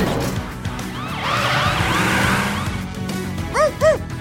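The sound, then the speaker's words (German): The siren of a police car with a large blue light wails in overlapping rising and falling sweeps over a low engine rumble, then cuts to two short, bright whoops at the end. “Direkt in sein Polizeiauto mit dem großen Blaulicht.”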